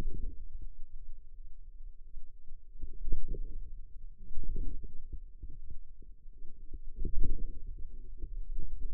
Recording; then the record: forearm muscle sounds (acoustic myography)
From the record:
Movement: radial deviation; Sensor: system 2, bracelet of six BSWA MPA416 microphones around the upper forearm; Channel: 5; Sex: female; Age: 21 years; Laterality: right